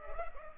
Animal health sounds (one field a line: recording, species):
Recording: mosquito wingbeat signal from an infrared sensor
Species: Culex pipiens